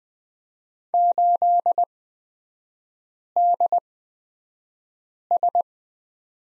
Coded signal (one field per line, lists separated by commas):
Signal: Morse code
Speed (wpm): 20 wpm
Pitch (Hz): 700 Hz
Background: none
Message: 8DS